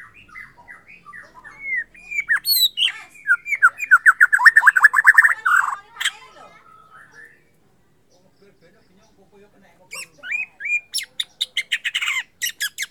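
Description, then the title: White-rumped shama song building into fast rattling note series, falling silent, then returning with high chips and whistles. Borneo form. "MURAI BORNEO MAS KIKI"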